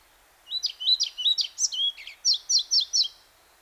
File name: Мухоловка пеструшка Ficedula hypoleuca